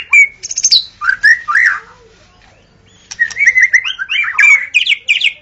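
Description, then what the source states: White-rumped shama singing loud, rich whistled phrases with sliding notes. A second-long pause follows, then a rapid burst of rising and falling whistles. Forest white-rumped shama; natural song.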